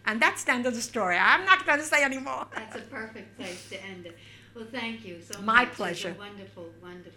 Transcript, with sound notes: And that's the end of the story. I'm not going to say any more. ( she laughs )
That's a perfect place to end it. Well, thank you so much.
My pleasure.
It's a wonderful, wonderful story.